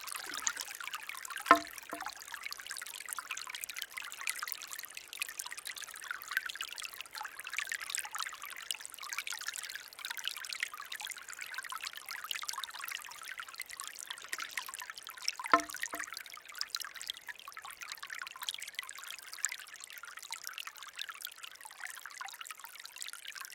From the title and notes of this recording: SHISHI ODOSHI • Relaxing Japanese Bamboo Fountain.